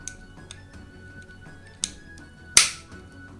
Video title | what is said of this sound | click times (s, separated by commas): Lets Build a Megazord 019 - Box nineteen Magazine 99 to 104 - Triceratops is ready for Action #MMPR | As you can hear a really solid click. | 1.8 s, 2.6 s